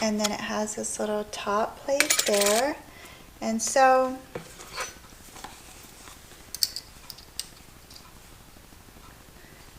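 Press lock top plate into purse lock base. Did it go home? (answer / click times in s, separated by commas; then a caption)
yes / 6.6 s. Someone talks about the metal press-lock hardware for a bag flap, then closes its small top plate door onto the purse lock base. After a few quiet metallic taps, a sharp click at 6.6 s marks the press lock snapping shut and locking in place.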